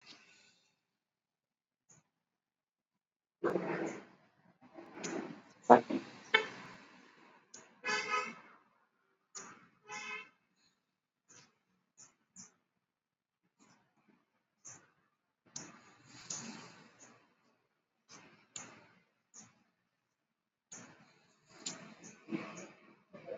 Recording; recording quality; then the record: deep breathing; poor, much background noise or distortion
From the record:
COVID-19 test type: RT-PCR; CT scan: not taken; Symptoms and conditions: cough, cold, fever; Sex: male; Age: 53 years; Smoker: no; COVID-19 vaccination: both doses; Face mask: worn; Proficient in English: yes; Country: India